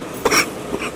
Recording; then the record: coughing mixed with background sound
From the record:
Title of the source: 31 night wet cough